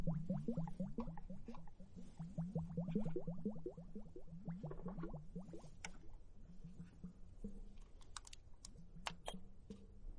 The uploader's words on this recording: Foamy hourglass, comfortable bubble spa massage ears.